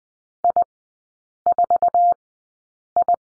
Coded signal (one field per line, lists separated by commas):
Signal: Morse code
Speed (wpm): 20 wpm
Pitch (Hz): 700 Hz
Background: none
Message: I4I